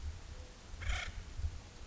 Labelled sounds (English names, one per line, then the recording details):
Acorn Woodpecker
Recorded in Sonoma County, California